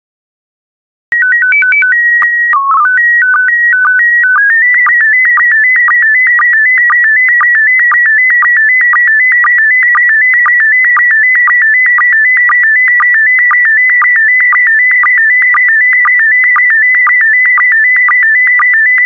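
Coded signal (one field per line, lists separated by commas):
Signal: SSTV (slow-scan television)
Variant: PD120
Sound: short calibration tones, then a steady warbling tone with regular ticking sync pulses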